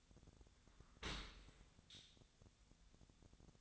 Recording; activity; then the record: daily activity, microphone in the room; open dishwasher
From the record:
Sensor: 3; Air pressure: 1006.7 hPa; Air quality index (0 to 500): 207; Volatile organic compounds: 19 ppm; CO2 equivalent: 2642 ppm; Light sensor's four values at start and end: 10/25/10/10 and 10/25/10/10